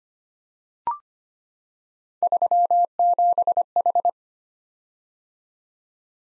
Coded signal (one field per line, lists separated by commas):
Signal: Morse code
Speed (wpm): 25 wpm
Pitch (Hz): 700 Hz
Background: none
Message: 37H